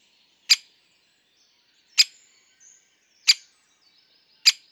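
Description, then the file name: Great spotted woodpecker call: four loud, abrupt single 'kik' notes spaced more than a second apart. "pic epeiche"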